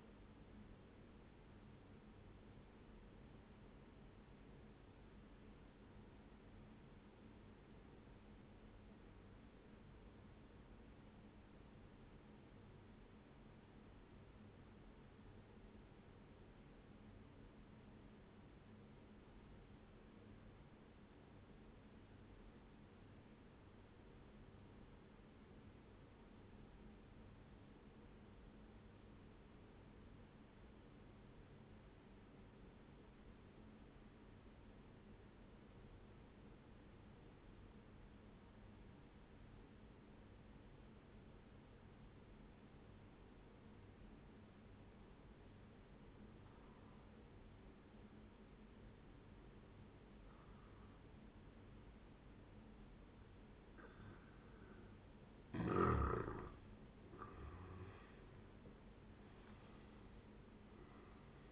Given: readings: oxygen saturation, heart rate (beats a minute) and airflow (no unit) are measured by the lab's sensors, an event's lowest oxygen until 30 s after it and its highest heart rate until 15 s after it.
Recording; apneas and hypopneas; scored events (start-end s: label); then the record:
breathing in sleep by a voice recorder at the bedside; 1
3.00-55.10 s: obstructive apnea (N1, oxygen 97% highest, then 90% lowest, heart rate 64 at the start, 81 highest)
23.00-53.00 s: new sleep stage, N2 (light sleep)
53.00-61.52 s: new sleep stage, N1 (lightest sleep)
From the record:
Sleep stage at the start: N1 (lightest sleep); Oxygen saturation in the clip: 90 to 97%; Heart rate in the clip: 60 to 75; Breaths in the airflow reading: 3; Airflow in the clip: -12.0 to 13.7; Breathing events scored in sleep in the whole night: 131 in 7.2 hours asleep